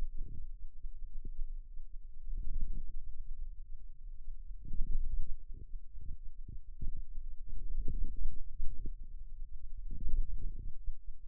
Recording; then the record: forearm muscle sounds (acoustic myography)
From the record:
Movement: radial deviation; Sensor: system 2, bracelet of six BSWA MPA416 microphones around the upper forearm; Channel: 5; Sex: male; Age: 22 years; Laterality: right